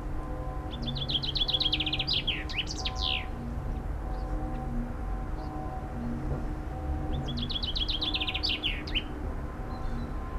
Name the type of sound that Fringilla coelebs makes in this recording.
song